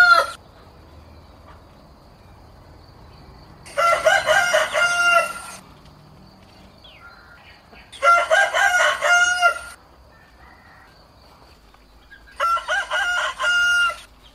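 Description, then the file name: Rooster crowing, the end of one crow followed by three full harsh cock-a-doodle-doos about four seconds apart, quiet between them. "tieng ga trong gay"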